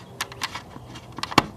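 The back corner of a plastic model kit fuselage section is pushed and tucked into place on the main fuselage, with small plastic ticks at about 0.2, 0.4 and 1.2 seconds. A sharp, bright click at 1.4 seconds marks the corner seating fully into the main fuselage.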